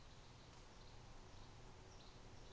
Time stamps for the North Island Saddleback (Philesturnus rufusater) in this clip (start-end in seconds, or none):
none